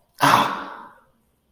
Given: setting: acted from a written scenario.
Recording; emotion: vocal sound without words; pain